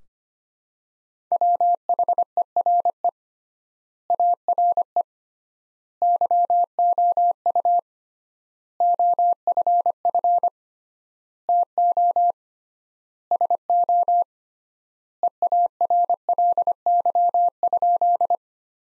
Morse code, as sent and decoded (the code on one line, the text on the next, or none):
.-- .... . .-. . / .- .-. . / -.-- --- ..- / --- ..-. ..-. / - --- / ... --- / . .- .-. .-.. -.-- ..--..
WHERE ARE YOU OFF TO SO EARLY?